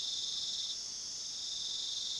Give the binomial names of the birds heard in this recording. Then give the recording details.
none. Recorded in pastures near Puerto Asís, Putumayo, Colombia, on 19 February 2024 at 23:30. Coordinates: 0.497, -76.327. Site G7276